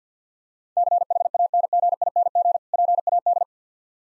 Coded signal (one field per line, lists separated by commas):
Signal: Morse code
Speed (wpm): 50 wpm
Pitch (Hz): 700 Hz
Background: none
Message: CHANGING PAD